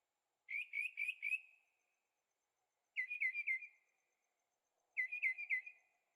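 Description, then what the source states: Bird song: three bursts of rapid chirped notes, each run of three or four notes with a trailing tail, repeated about every two seconds. Birds singing at night in Carefree, Arizona; recorded in stereo on a Zoom H6.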